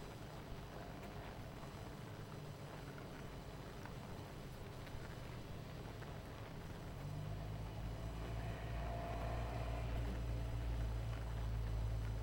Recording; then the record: honeybee colony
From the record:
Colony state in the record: missing queen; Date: 14 July 2017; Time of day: 19:07